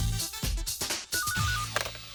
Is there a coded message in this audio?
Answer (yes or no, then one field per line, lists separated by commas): no